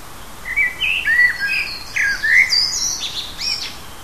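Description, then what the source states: Bird song, a busy run of quick whistled slurs and chirps, some rising and some falling, flowing without pause over a faint hiss. Native birds of a hedge habitat, recorded in June.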